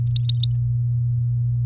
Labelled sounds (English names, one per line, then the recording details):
Domestic Canary song
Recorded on 4 May 2018 at 08:27
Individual llb16